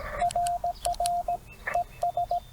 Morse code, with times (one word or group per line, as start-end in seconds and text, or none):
0.2-1.4 RR
1.7-2.4 ES